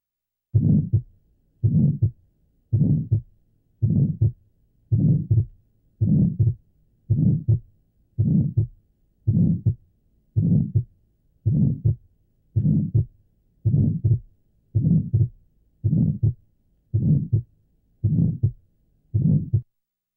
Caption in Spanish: Un soplo de flujo pulmonar que se ausculta en muchos niños normales. Es de tono mediano y áspero. Generalmente es proto y mesosistólico, y termina antes del segundo ruido.